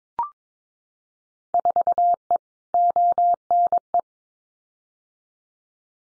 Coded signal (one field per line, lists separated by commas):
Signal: Morse code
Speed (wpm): 22 wpm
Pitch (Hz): 700 Hz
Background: none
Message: 4E ONE